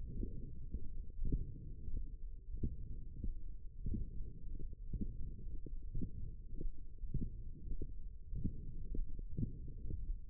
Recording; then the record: forearm muscle sounds (acoustic myography)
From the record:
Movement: wrist extension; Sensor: system 1, eight BSWA MPA416 microphones around the upper forearm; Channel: 2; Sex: male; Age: 23 years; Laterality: right